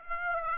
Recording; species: mosquito wingbeat signal from an infrared sensor; Aedes aegypti